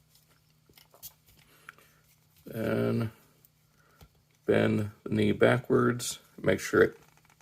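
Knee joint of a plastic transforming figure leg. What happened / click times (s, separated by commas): A plastic joint is being handled but nothing has locked into place yet / none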